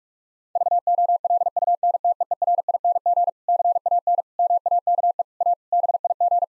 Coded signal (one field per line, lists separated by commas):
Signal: Morse code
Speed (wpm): 48 wpm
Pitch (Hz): 700 Hz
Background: none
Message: VOLUNTEERING CAN MAKE A BIG